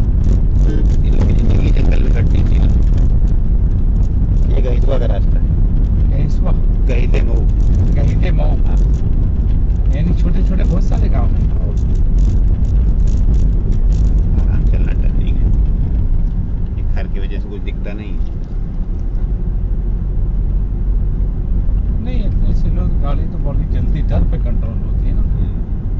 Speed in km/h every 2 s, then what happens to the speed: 28, 27, 31, 35, 37, 37, 39, 21, 10, 19, 25, 24, 25.
2-7 speeds up to 37. 7-12 steady at about 37. 12-16 brakes to 10. 16-20 speeds up to 25. 20-26 steady at about 25.